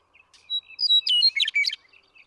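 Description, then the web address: Western meadowlark singing a short phrase: a clear whistle followed by a quick, jumbled run of bright, warbling notes, all over in about a second and a half. "birdsongforthecurious Western Meadowlark"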